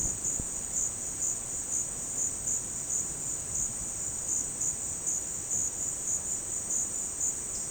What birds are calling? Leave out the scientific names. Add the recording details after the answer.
none. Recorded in dense forest near Puerto Asís, Putumayo, Colombia, on 18 February 2024 at 16:00. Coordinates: 0.486, -76.316. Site G6437